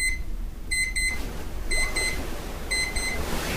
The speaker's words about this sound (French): Mais si se réveiller au son du ressac, le réveil exige que vous devez se lever. Mais les vagues de la mer ne l'exigent pas.